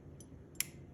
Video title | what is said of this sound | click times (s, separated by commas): iTools BT2 0 and BT2.5 Battery Replacement | fall out when I picked up the camera but um you know you can hear it click | 0.6 s